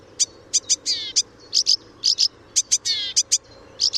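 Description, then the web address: Blyth's reed warbler song of rapid high chips and short buzzy rattles, repeated in quick irregular bursts. "chant rousserolle des buissons"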